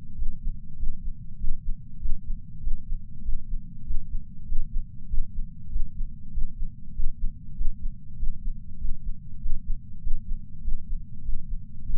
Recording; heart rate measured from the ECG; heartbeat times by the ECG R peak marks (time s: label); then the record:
heart sounds by patch sensor on the chest; 98 bpm
0.15 s: heartbeat
0.76 s: heartbeat
1.37 s: heartbeat
1.98 s: heartbeat
2.60 s: heartbeat
3.21 s: heartbeat
3.83 s: heartbeat
4.45 s: heartbeat
5.07 s: heartbeat
5.69 s: heartbeat
6.31 s: heartbeat
6.92 s: heartbeat
7.54 s: heartbeat
8.16 s: heartbeat
8.77 s: heartbeat
9.39 s: heartbeat
10.00 s: heartbeat
10.61 s: heartbeat
11.21 s: heartbeat
11.82 s: heartbeat
From the record:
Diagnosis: coronary artery disease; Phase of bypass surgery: preoperative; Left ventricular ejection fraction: 69.2%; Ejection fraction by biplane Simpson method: 67.6%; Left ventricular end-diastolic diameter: 44 mm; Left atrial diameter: 34 mm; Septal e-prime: 8.5 cm/s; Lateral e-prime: 9.7 cm/s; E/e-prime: 11.5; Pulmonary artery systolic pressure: 27 mmHg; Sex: male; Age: 74 years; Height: 168 cm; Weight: 55 kg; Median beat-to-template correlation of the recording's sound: 0.94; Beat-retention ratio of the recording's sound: 0.99